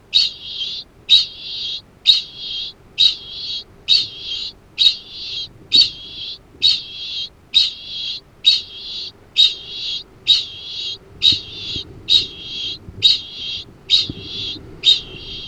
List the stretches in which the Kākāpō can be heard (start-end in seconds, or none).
0.00-15.47